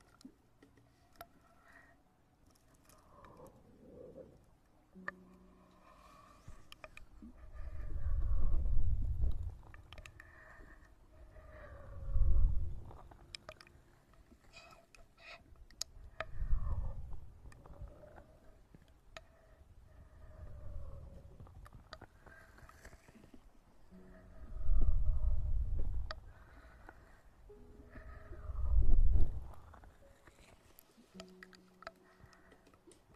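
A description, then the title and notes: Ear massage and eating sounds: soft rubbing and handling noises interspersed with six deep, muffled bursts of low rumbling pressure at intervals of about four seconds, like cupped hands pressed over the ear. Between them come faint clicks, scratches and brief squeaks. Maid Ear Eating & Ear Massage.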